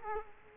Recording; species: mosquito wingbeat signal from an infrared sensor; Culex quinquefasciatus